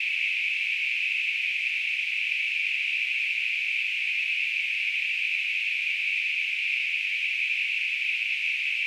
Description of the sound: Tinnitus.